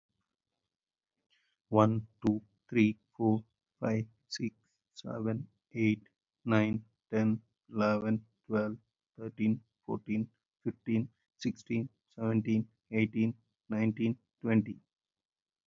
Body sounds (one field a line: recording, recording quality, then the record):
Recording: counting at a normal pace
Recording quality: excellent, no background noise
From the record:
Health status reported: healthy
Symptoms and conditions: diabetes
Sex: male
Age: 41 years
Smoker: yes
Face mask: not worn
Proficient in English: yes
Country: India